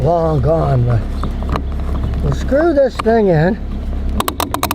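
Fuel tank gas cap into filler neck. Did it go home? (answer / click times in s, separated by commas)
yes / 4.2 s, 4.3 s, 4.4 s, 4.5 s, 4.6 s, 4.7 s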